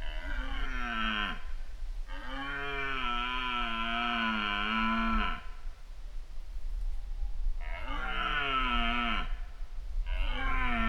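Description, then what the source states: Deer giving four hoarse, rich roars, the longest lasting about three seconds, each sagging in pitch toward its close, over a steady low rumble. Roaring during the mating season in Poland, in September.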